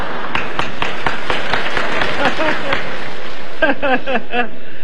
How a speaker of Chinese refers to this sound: 哎呀，亲爱的观众还真热情啊，我爸爸都半身不遂了，您还鼓掌呢。